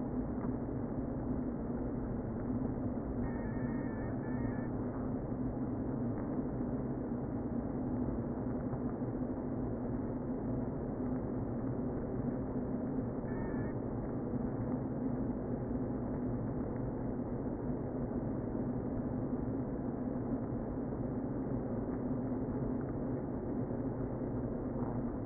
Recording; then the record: honeybee colony, microphone inside the hive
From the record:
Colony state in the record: queen present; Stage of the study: before two queens were removed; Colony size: about 60,000 bees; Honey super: yes